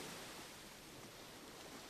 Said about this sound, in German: Hörst du das Grollen? Ja. Es kommt vom Meer.